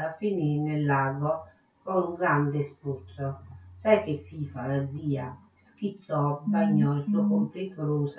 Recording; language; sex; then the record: read passage; Italian; female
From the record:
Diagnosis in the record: Parkinson's disease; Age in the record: 63 years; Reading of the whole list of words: 61 s, 4.6 characters per second